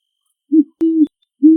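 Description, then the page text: Great horned owl giving three short, deep hoots in quick succession, the middle one longer and steady, with sharp clicks at their edges. Call in a big forest. "Animal Sounds - Barren Ring of Fire - Gravatt Camp & Conference Center. Great Horned Owl"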